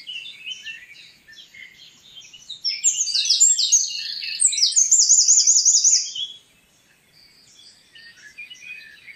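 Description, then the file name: Eurasian wren song, a loud rapid outpouring of high trills and sharp notes lasting a few seconds, with softer twittering before and after. "Troglodytes troglodytes"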